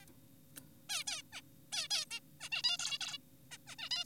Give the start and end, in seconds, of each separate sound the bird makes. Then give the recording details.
0.02-0.06, 0.90-1.04, 1.08-1.22, 1.33-1.42, 1.72-1.88, 1.91-2.06, 2.11-2.20, 2.40-2.49, 2.52-2.62, 2.64-2.78, 2.79-2.98, 3.01-3.18, 3.52-3.58, 3.67-3.76, 3.79-3.89, 3.91-4.04. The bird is an adult. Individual g4p5U